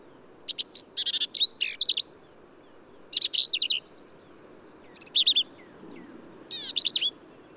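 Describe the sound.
Black-capped Vireo singing four clusters of rapid high notes, buzzy trills and sharp slurred whistles, with gaps of about a second, low hiss underneath.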